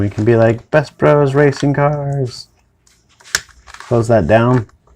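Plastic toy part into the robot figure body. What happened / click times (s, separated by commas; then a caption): Plastic part handled, not yet seated / none. Someone talks while handling a transforming-robot toy, pushing a plastic toy part down toward its position in the robot figure body. Brief handling taps sound between about 2.9 and 3.7 s, with a sharp one at 3.4 s. The clip ends before the part goes home, and nothing has clicked into place yet.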